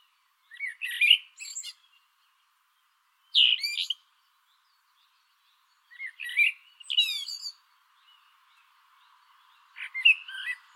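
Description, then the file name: Eurasian blackbird delivering four short song phrases, fluted notes mixed with sharp high squeaks and a rapid trilled flourish, separated by quiet pauses. "Turdus merula"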